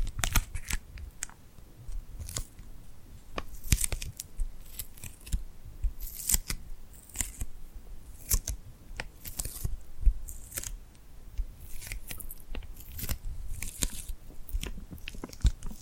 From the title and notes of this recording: ASMR Tingly Glued Hand Sounds for Sleep (No Talking).